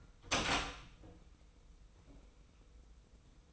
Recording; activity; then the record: daily activity, microphone in the room; open door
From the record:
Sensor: 1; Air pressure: 990.4 hPa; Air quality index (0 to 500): 153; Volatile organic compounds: 1000 ppm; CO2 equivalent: 5526 ppm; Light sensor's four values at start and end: 33/75/33/35 and 33/74/32/35